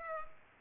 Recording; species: mosquito wingbeat signal from an infrared sensor; Culex pipiens